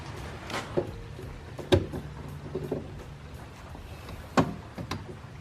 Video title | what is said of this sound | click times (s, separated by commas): (DIY) Volkswagen Headlight Low Beam Bulb Replacement - No Tools - MK7 Golf | was it, that was the click | 1.7 s, 4.4 s